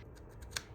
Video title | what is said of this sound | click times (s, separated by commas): Upgrade your 3D Prints with a Twist Snap Mechanism - Fusion 360 | Give it a tiny bit of force and with a satisfying click, it locks right into place. | 0.6 s